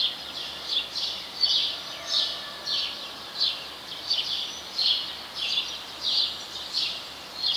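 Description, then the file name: House sparrow chirping calls, short bright chirps repeated in a steady series over a faint hiss of background noise. "Passer domesticus"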